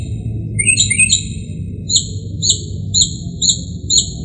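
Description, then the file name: Northern mockingbird singing: a few quick slurred whistles, then a crisp chirp repeated about twice a second, with low background rumble. "kicauan burung northern mockingbird. omkicau"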